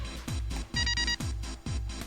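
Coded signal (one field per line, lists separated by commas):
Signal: none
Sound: game's unlock chime beep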